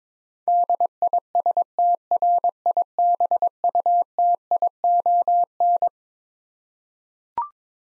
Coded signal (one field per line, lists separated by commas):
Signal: Morse code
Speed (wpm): 22 wpm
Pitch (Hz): 700 Hz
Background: none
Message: DISTRIBUTION